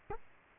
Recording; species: mosquito wingbeat signal from an infrared sensor; Culex quinquefasciatus